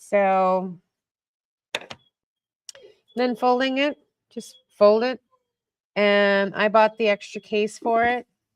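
A small drone is folded for its fitted carrying case while someone talks, with a few brief handling taps between phrases. Nothing has seated or clicked into the case yet.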